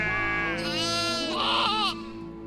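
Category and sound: animal, sheep bleating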